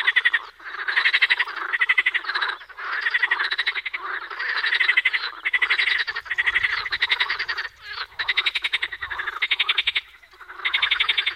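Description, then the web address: Edible frog calls: a near-continuous series of rapid pulsed croaking bursts, each about a second long, with short gaps between. "Fotoim Hangok Pelophylax kl esculentus"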